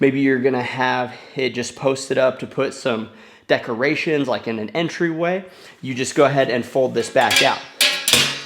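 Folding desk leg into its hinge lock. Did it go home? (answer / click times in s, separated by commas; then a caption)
yes / 8.1 s. Someone talks while the folding leg of a Mrsanmu no-assembly folding desk is swung back out until its metal hinge locks open. The leg locks firmly in place with sharp clicks at 8.1 s and 8.1 s, and no manual locking is needed.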